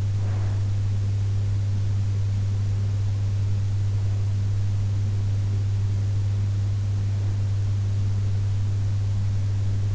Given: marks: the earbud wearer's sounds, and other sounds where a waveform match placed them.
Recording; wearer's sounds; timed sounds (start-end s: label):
sounds in sleep by an in-ear microphone; breath
0.00-1.15 s: breath